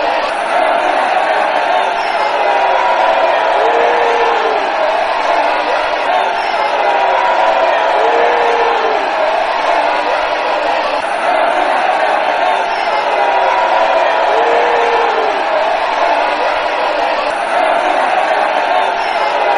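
A large crowd boos without a break for the whole twenty seconds, a dense, steady wall of many voices at constant loudness. Individual drawn-out boos rise and fall above the mass every few seconds, with scattered shouts and whoops mixed in.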